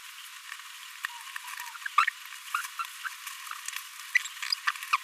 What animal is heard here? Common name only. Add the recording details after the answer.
Green-rumped Parrotlet. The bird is a male. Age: 26 days. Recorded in a nest box in Venezuela. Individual 17B42A3